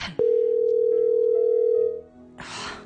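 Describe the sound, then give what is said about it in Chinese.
A telephone rings on a redial: one steady, low-pitched electronic tone holds for nearly two seconds, then cuts off, followed by a short burst of soft hiss. “等我再打。”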